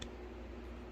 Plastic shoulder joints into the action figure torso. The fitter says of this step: these will lock into place once you rotate them up like so.